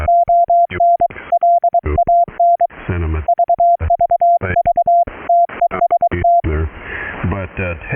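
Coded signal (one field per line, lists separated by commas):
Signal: Morse code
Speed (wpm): 23 wpm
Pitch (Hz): 690 Hz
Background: speech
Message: ONLAN VVV TEST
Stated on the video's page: CW sent remotely via straight key and paddles into a Teensy USB MIDI board driving Recri software keyer, streamed over TCP to a Raspberry Pi rig interface.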